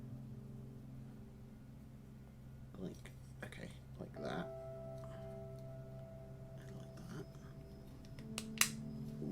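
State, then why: Seated. Someone talks quietly while pressing parts F6 and F7 of a plastic snap-fit Thunderbirds 2086 TechnoBoyger spacecraft model kit into their locating holes on the model body, with soft plastic handling taps along the way. Two sharp clicks ring out at 8.4 s and 8.6 s as the parts snap firmly into place and seat, holding without moving.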